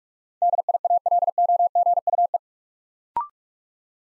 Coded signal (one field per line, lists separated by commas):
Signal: Morse code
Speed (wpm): 44 wpm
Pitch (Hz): 700 Hz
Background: none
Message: DIALOGUE